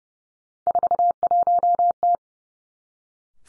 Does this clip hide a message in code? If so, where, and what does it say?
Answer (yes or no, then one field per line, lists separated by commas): yes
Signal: Morse code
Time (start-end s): 0.7-2.2 s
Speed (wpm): 30 wpm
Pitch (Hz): 700 Hz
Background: none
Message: 41T